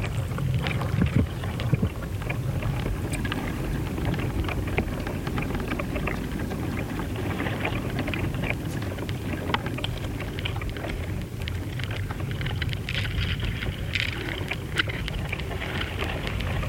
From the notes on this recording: the hidden sounds of the coastal dunescape at Studland Nature Reserve, UK